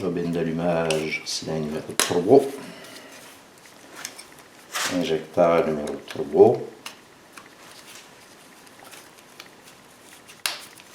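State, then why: Seated. Someone talks while an electrical connector is pushed onto the cylinder 3 fuel injector of a 2012 Versa. At 10.5 s a small, sharp click is heard as the connector's retaining tab latches, confirming the connector is seated.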